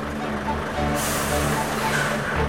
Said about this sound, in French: On vient de nous annoncer que le camion arrive. Ah, ben voilà. On va aller dehors.